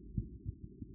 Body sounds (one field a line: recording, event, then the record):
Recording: neck accelerometer signal played as sound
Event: no cough (speech, laughter, throat clearing or background)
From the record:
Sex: male